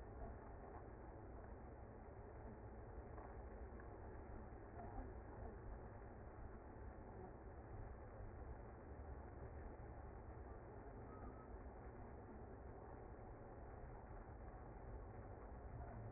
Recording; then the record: honeybee colony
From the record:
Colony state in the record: active